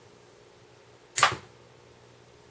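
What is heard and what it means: A hex key breaks loose a setscrew that holds a jaw to the jaw carrier of a wood lathe chuck. A single sharp, bright snap sounds at 1.2 s and fades within about a quarter second over a low steady hum. The screw snaps loose, showing how tight it was.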